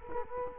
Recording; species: mosquito wingbeat signal from an infrared sensor; Culex quinquefasciatus